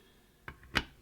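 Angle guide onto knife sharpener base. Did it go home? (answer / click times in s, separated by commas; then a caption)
yes / 0.8 s. An angle guide, either 20 or 17 degree, is snapped onto the base of a knife sharpening system. A sharp tick comes at 0.5 s and a faint one at 0.6 s, then a louder, bright snap at 0.8 s as the guide seats firmly into place.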